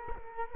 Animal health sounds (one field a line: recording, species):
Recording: mosquito wingbeat signal from an infrared sensor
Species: Culex quinquefasciatus